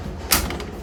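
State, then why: Seated. The door of a converted bus room is shut and its latch engages with a sharp click at 0.3 s, followed by a fainter tick at 0.5 s over a low steady background. The door locks automatically.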